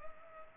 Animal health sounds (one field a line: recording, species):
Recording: mosquito wingbeat signal from an infrared sensor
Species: Culex pipiens